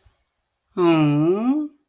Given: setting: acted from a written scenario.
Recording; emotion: vocal sound without words; sympathy